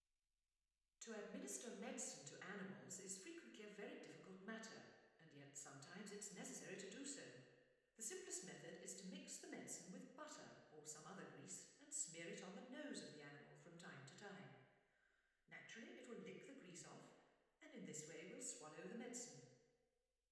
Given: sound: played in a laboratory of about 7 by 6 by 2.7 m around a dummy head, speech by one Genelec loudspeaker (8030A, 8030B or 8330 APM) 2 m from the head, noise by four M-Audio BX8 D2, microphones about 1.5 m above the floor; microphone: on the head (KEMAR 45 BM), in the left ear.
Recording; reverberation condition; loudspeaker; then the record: female speech in English; high; 120 degrees to the left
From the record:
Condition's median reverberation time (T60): about 1300 ms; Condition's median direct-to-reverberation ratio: about -4.0 dB